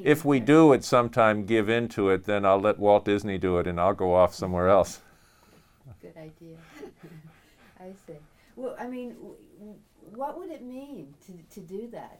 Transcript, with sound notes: — if we do at some time give into it, then I'll let Walt Disney do it and I'll go off somewhere else. [chuckles]
I see. Well, I mean, what would it mean to — to do that?